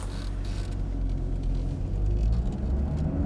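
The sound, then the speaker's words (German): A car engine rumbles steadily as a father drives the car off, its low drone growing slightly louder and fuller as the vehicle pulls away, with faint hiss and mechanical noise above it and no talking. “Vater fährt das Auto los.”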